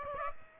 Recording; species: mosquito wingbeat signal from an infrared sensor; Aedes aegypti